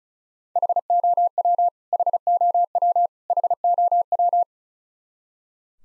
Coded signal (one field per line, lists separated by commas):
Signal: Morse code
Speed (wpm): 36 wpm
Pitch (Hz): 700 Hz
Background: none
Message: HOW HOW HOW